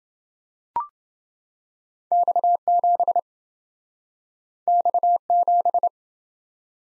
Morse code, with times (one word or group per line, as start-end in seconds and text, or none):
2.1-3.2 X7
4.7-5.9 X7